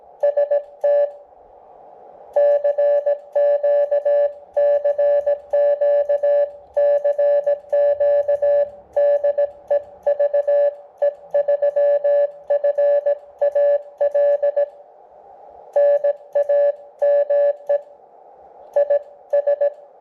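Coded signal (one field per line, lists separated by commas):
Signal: Morse code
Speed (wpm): 18 wpm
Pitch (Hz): 580 Hz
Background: music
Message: ST CQ CQ CQ DE VE3FAL NAME IS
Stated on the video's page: Sent with paddles on a Xiegu G106 after a firmware fix for CW timing, received on an Elecraft KX2.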